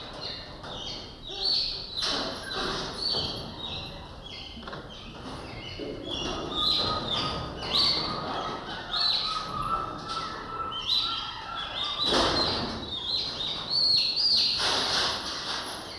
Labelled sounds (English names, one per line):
Goeldi's Marmoset call